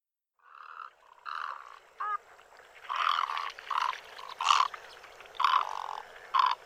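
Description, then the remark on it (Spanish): A great egret (Traiwe), a large all-white heron about 85 cm tall with a yellow bill, gives a series of harsh, hoarse croaking calls, about eight rasping bursts in an irregular rhythm, fairly loud and with no voices. “Traiwe, garza grande, blanca.”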